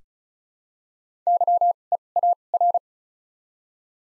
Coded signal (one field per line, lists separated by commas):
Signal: Morse code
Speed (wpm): 34 wpm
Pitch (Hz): 700 Hz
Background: none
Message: Y E A R